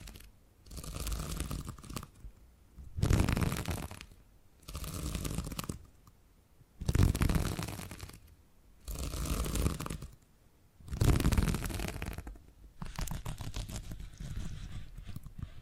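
Purring rolls in rough, rumbling bursts that swell and fade about every one to two seconds, with brief quiet gaps between them. Each burst is deep at the bottom with a breathy hiss on top, and the final seconds turn into a steadier, crackly texture.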